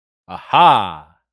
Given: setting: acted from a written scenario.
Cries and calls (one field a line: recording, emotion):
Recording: vocal sound without words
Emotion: triumph